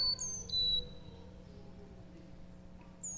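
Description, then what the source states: Carolina chickadee song: high, thin whistled notes that slide down in pitch, a pause, then another high whistle, over a faint steady hum. Played back as an identification quiz.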